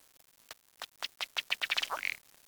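Bird calling with a quickening run of sharp notes that grow louder, ending in one longer, lower note; otherwise quiet.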